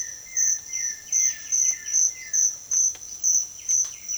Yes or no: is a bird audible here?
no